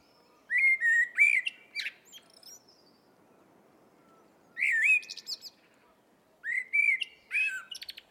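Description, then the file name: Eurasian blackbird song: three mellow whistled phrases with sliding notes, each ending in high, squeaky chatter, separated by short pauses. "Turdus merula"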